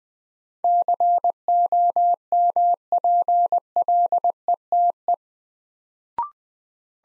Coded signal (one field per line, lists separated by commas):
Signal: Morse code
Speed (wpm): 21 wpm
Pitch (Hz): 700 Hz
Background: none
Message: COMPLETE